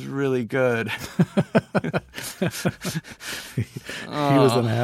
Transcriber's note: laughter